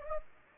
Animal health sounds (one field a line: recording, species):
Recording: mosquito wingbeat signal from an infrared sensor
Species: Anopheles gambiae